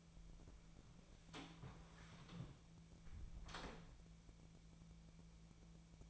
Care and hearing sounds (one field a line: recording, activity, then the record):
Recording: daily activity, microphone in the room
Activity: close door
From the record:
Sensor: 1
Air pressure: 1000.5 hPa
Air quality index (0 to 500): 185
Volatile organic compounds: 5 ppm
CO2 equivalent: 1706 ppm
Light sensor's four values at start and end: 12/28/11/13 and 11/27/11/13